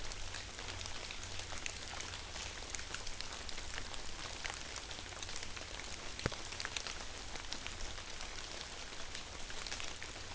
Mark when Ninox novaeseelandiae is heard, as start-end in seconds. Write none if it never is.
none